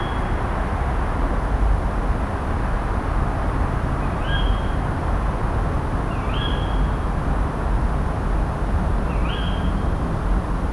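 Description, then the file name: Tawny owl calling a clipped, upward-sweeping 'kewick' three times at roughly two to three second intervals, against steady low-pitched background rumble. "Strix aluco - Tawny Owl"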